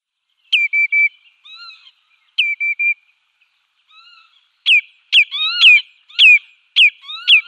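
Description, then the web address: Common redshank calling with clear down-slurred whistles, at first in triplets, then quicker repeated notes, with fainter bird calls in between. "Schulze Peter Common Redshank calls"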